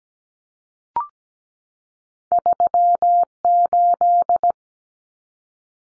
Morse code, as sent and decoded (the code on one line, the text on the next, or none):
...-- ---..
38